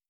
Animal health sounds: hydrophone in a shrimp aquaculture tank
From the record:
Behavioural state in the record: starved

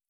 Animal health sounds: hydrophone in a shrimp aquaculture tank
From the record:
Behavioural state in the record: feeding

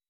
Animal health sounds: hydrophone in a shrimp aquaculture tank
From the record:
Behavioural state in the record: weakened

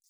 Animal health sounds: hydrophone in a shrimp aquaculture tank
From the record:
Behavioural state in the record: feeding

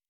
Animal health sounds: hydrophone in a shrimp aquaculture tank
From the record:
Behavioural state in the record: normal

